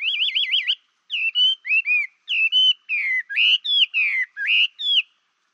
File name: Chinese Hwamei